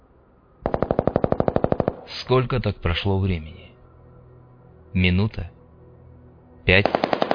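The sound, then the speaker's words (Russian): A rapid, steady burst of automatic gunfire, around twenty sharp shots, gives way to a man speaking; after a pause, another brief burst breaks out, the firing now sparse and intermittent. “Крот потер виски пальцами и какое-то время просто сидел на земле и слушал, как редеют выстрелы.”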